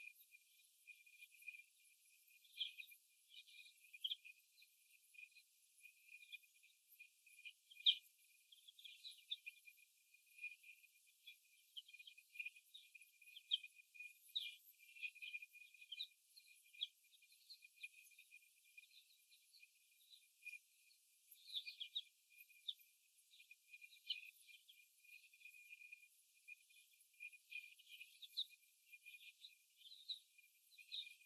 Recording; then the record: young laying hens in a cage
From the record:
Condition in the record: before the stressor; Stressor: simulated dog barking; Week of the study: 1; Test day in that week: 1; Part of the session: 3